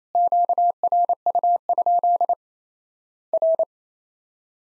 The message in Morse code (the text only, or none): QRU? R